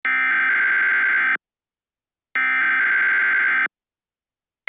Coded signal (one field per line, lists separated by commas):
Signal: Emergency Alert System (SAME) tones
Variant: header bursts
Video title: EAS Scenario: The SCP rampage (Part 1/2)